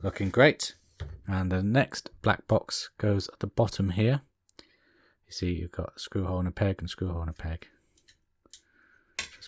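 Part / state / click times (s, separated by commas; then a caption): plastic box detail onto peg of model car door / seated / 9.2 s. Someone talks while a second small black plastic box is pushed onto a peg beside a screw hole at the bottom of the car door on an Eaglemoss Back to the Future DeLorean model build, Parts 56 & 57. Faint ticks come at about 4.5 s and 8.5 s. A sharp click at 9.2 s marks the box popping onto the peg and seating.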